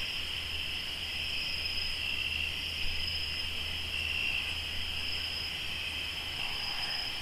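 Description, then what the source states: Many crickets trilling steadily at high pitch, layered and unbroken, over a low droning hum in the background. Crickets recorded in Tlayacapan, Morelos.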